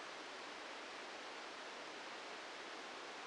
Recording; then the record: brain microelectrode recording played as sound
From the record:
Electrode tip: inside the subthalamic nucleus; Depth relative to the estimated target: 2 mm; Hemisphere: left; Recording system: NeuroSet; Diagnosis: Parkinson's disease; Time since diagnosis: 14 years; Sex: male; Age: 51 years